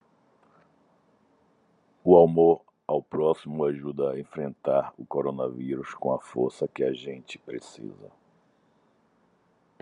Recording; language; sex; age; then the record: spoken sentence; Brazilian Portuguese; male; 40 to 49 years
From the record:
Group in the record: control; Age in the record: 49 years